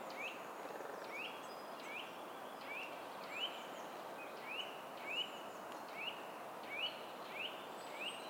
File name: Sitta europaea